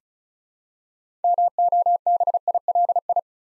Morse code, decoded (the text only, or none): MOBILI